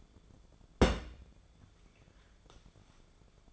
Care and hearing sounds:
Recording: daily activity, microphone in the room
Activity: place on stove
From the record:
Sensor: 5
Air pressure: 1010.5 hPa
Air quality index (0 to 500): 113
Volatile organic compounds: 2 ppm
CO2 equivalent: 1114 ppm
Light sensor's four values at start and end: 655/1620/683/807 and 630/1567/659/775

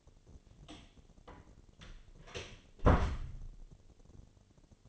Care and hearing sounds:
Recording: daily activity, microphone in the room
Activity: close door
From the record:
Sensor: 4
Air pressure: 1008.2 hPa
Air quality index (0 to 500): 182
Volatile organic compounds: 5 ppm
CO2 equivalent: 1825 ppm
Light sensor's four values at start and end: 23/73/27/26 and 25/79/30/29

